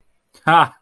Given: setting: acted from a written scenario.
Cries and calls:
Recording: vocal sound without words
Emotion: amusement

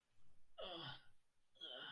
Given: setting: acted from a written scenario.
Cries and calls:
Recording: vocal sound without words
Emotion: pain

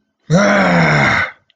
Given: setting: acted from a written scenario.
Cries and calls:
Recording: vocal sound without words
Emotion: anger

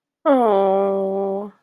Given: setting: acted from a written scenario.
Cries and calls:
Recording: vocal sound without words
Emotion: sympathy

